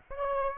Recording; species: mosquito wingbeat signal from an infrared sensor; Aedes aegypti